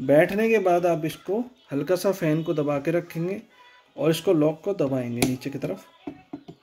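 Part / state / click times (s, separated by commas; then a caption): CPU cooler plastic push-pin into motherboard mounting hole / seated / 6.3 s. A CPU cooler's plastic push-pin is pressed down into a motherboard mounting hole while the fan is held down, as someone talks over faint background music. Near the end, small sharp sounds come at about 6.1, 6.3 and 6.5 seconds, with the push-pin clicking in at 6.3 seconds. The pin is seated, and both opposite locks are now locked.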